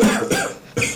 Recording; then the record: coughing mixed with background sound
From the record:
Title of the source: Spring Cold Coughing.